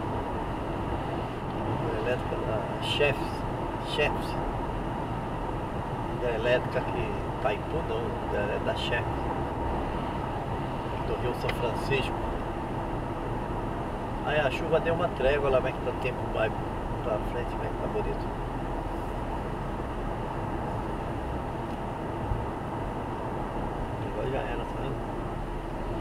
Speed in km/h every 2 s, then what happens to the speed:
101, 101, 100, 101, 102, 99, 98, 98, 96, 96, 96, 93, 88.
0-20 steady at about 99. 20-26 slows to 88.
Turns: none.